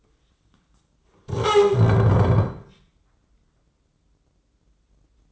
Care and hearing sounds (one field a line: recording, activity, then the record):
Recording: daily activity, microphone in the room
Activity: stand up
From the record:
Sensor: 3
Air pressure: 995.9 hPa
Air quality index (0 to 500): 246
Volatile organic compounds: 1000 ppm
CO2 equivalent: 6304 ppm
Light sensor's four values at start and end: 40/96/42/45 and 38/90/40/43